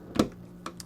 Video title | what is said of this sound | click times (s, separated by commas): TIMELESS 2006 PREVOST AMERICAN COACH. TUNED 14.0L DETROIT. SOLD | so those click into place and then they also have locks extra locks so | 0.7 s, 0.8 s